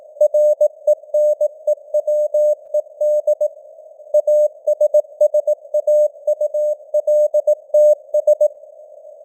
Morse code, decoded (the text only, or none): RENEWED ASSAULTS